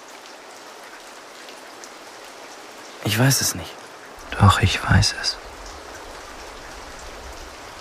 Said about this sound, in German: Es regnet.